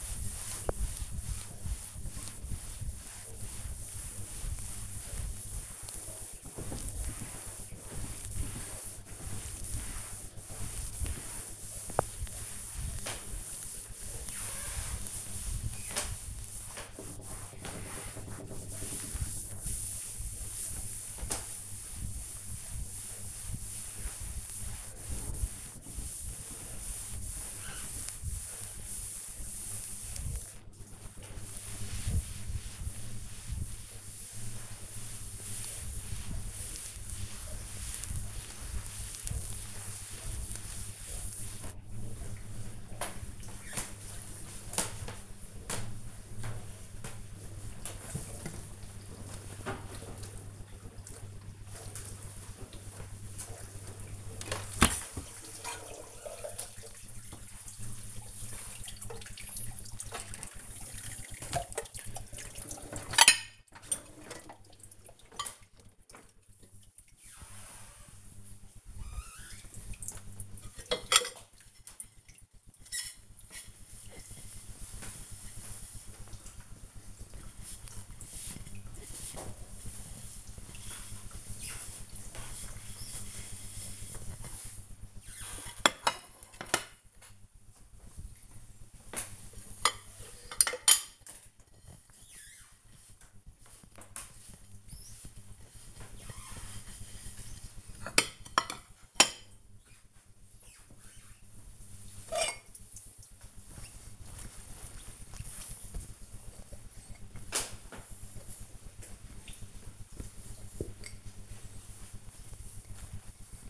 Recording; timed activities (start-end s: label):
household activities, microphone on the right wrist
0.00-42.01 s: cleaning table
52.12-113.70 s: cleaning out the dishwasher